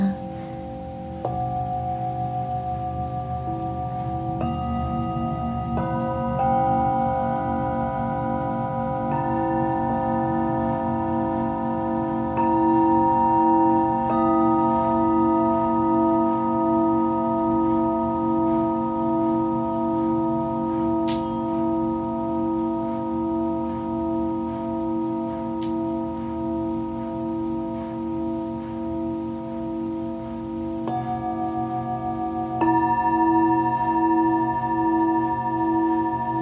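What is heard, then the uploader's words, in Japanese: Singing bowls ring in long sustained overlapping tones, with new strikes around 1, 4, 6, 9, 12, 14 and 33 seconds layering brighter pitches. シンギングボウルのサウンドヒーリング。チベタンシンギングボウル。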